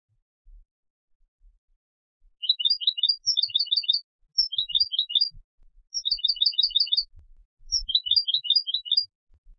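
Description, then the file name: European goldfinch uttering quick runs of bright, liquid twittering notes in short bursts separated by brief gaps, high-pitched and clear against a quiet background. "Carduelis carduelis"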